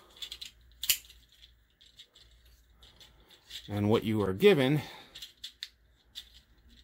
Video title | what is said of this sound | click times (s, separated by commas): Takara Legends - Targetmaster Kup with Recoil Review | These actually have to snap into place. | 0.8 s, 0.9 s